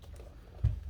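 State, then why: Not seated. A leather protective case is being pressed onto the body of a 14-inch MacBook Pro, giving soft low handling rumble with a faint tick near 0.2 s and a louder dull low thump around 0.65 s. The case has not snapped fully home yet, and nothing has seated or clicked yet.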